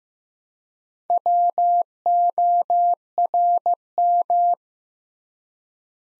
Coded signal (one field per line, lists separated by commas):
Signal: Morse code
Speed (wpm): 15 wpm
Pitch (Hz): 700 Hz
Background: none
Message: WORM